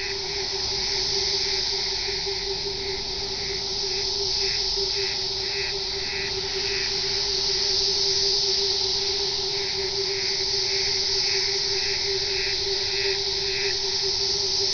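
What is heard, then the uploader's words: A night field recording: a dense, steady high hiss runs throughout, with a constant low hum beneath it. Rapid, regular chirping pulses come in two runs, from about four to seven seconds and again from nine to fourteen. The overall level stays even. Field recordings. Night of San Juan.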